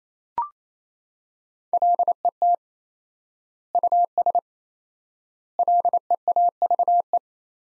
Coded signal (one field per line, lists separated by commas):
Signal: Morse code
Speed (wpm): 28 wpm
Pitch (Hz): 700 Hz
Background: none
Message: LET US LEAVE